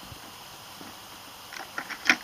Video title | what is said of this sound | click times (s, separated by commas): Radio Flyer 4 in 1 Deluxe Trike Description | pops out you might have to give it a little jiggle but i guess you have to do that with most things in life | 2.1 s